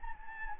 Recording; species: mosquito wingbeat signal from an infrared sensor; Anopheles gambiae